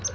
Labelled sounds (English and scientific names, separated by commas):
Palm Warbler (Setophaga palmarum) flight call